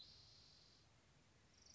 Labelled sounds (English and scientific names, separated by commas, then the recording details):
Spotted Towhee (Pipilo maculatus)
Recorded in Sonoma County, California